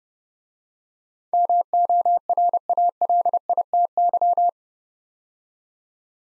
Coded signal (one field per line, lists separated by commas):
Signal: Morse code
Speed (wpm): 28 wpm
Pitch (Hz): 700 Hz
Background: none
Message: MORALITY